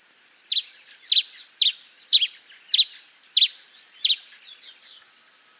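Pileated finch giving quick, bright chirps, many doubled, repeated several times against a continuous high-pitched hum.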